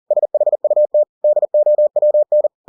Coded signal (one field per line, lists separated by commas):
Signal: Morse code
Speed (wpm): 40 wpm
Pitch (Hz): 600 Hz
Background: none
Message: SHUT DOWN